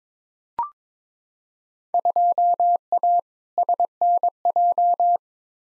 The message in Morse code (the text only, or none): 2A SNJ